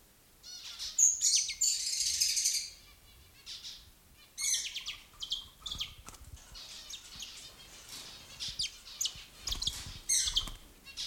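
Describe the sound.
Bourke's parrot calls: bright high chirps and twittering notes in quick, irregular bursts, with a louder warbled run early on and softer chattering after.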